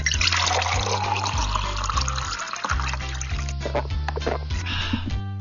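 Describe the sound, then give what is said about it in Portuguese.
Water pours into a glass in a steady, hissing stream for several seconds, with a few splashy bursts toward the end, over a low, stepping bass line of background music. “Essa água nunca pareceu tão saborosa.”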